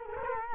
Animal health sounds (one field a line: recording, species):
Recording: mosquito wingbeat signal from an infrared sensor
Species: Culex quinquefasciatus